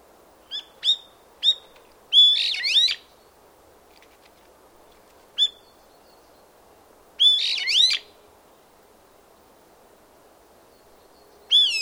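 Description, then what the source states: Bird calls: short high chirps and rapid warbled, buzzy phrases, in bursts separated by a few seconds of quiet, over a soft low background hiss. Recorded in a forest in Sannohe.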